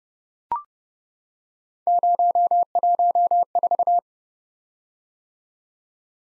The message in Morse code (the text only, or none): 014